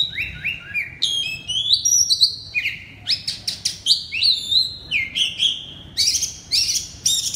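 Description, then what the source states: Oriental magpie-robin pouring out a steady stream of loud whistled sweeps and clipped notes. Loud song in the ngeplong style.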